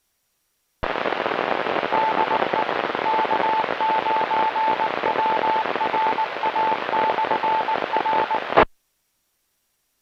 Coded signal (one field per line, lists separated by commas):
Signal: Morse code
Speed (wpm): 19 wpm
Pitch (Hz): 880 Hz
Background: radio noise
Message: DE K9WRA/R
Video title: Friday Night Fun Net | Amateur Radio Worldwide Live Stream Radio | KD9MED